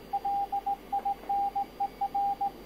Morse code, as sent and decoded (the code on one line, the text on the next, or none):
.-.. .. -. . .-.
LINER